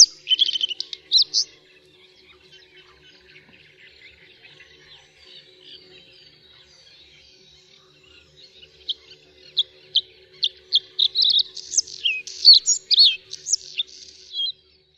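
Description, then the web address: Bluethroat song: brief varied twitter at the start, a long stretch of faint soft warbling, then clear notes and a rich mix of whistles and buzzes. "Ptaki Podróżniczek"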